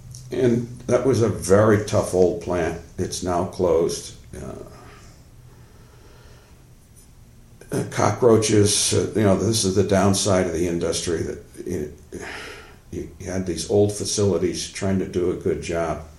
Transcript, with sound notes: And that was a very tough old plant - it's now closed. The cockroaches - you know, this is the down side of the industry. [sigh] You got these old facilities trying to do a good job